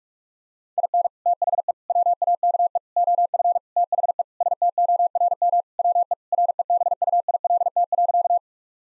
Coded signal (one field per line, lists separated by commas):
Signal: Morse code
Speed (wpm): 41 wpm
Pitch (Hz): 700 Hz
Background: none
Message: IN THE WAKE OF THE STORM WE REBUILT.